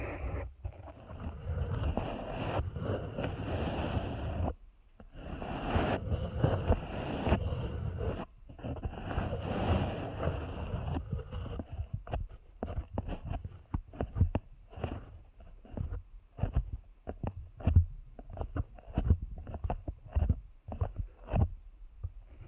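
Deep ear canal massage, with dense, low, muffled rubbing that fills the first eleven seconds, broken by two brief silences near 4.5 and 8 seconds. After that the sound turns into quick, separate thumps and pats with short gaps between them, uneven in rhythm, through to the end.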